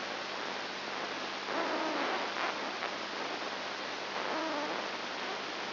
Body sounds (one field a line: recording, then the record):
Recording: brain microelectrode recording played as sound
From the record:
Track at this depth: inside the subthalamic nucleus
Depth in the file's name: 3.301 mm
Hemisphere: left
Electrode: 2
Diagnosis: Parkinson's disease